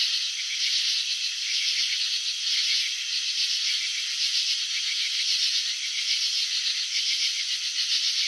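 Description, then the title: Cricket chirping, a steady high buzzing chorus with grouped pulses, with no other sounds. Crickets chirping, presented in a slow-motion video showing wing vibrations and antenna movements. "Crickets in Slow Motion 📷. Capturing the Elegance of Chirping"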